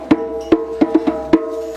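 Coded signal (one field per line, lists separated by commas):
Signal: drum signal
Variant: djembe call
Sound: five crisp drum strokes in a quick syncopated call rhythm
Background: steady background hum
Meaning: Signal for drummers to start playing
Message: 5 strokes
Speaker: you guys are going to listen for that call when you hear that call it tells you to start kind of like the five six seven eight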